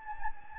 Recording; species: mosquito wingbeat signal from an infrared sensor; Anopheles gambiae